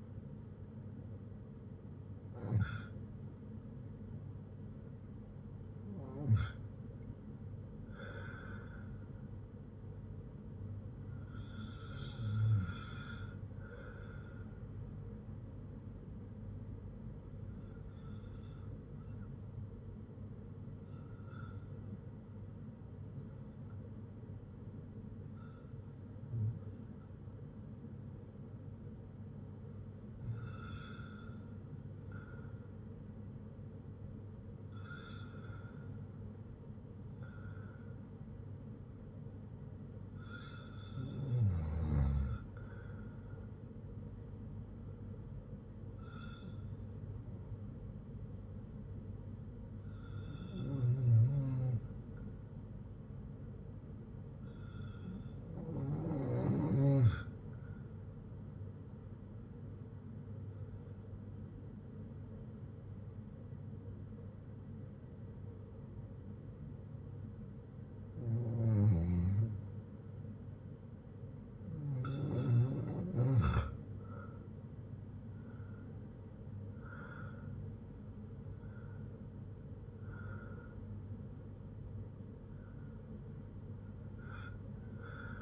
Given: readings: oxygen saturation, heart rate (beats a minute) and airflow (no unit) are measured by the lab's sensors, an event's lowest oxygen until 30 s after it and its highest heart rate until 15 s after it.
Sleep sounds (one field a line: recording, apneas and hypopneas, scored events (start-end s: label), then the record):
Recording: breathing in sleep by a smartphone at the bedside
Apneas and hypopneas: none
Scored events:
43.00-85.41 s: new sleep stage, REM sleep
From the record:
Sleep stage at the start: N1 (lightest sleep)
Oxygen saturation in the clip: 92 to 96%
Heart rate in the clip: 57 to 79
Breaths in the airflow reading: 18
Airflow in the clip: -6.8 to 5.6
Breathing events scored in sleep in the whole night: 182 in 7.4 hours asleep